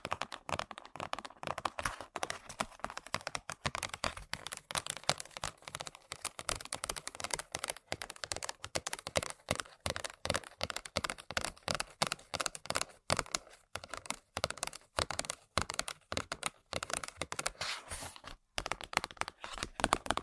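Rapid tapping on objects runs the whole twenty seconds, a dense stream of crisp, bright clicks coming several times a second with an uneven, typing-like rhythm. Brief gaps break the flow now and then, and the taps vary slightly in loudness.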